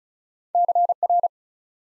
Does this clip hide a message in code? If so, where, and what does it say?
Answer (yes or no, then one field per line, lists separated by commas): yes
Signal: Morse code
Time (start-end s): 0.5-1.3 s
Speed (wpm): 36 wpm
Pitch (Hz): 700 Hz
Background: none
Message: CR